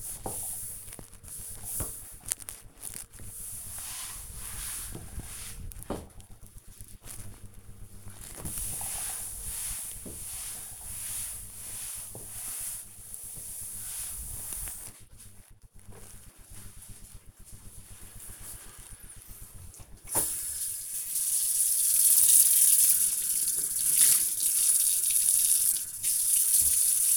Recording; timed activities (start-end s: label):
household activities, microphone on the right wrist
0.00-14.35 s: cleaning table
21.42-27.17 s: washing dishes